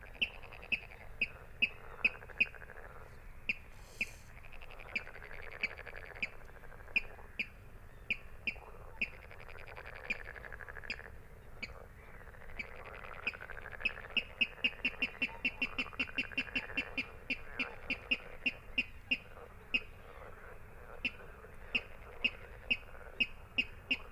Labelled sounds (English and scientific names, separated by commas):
Water Rail (Rallus aquaticus)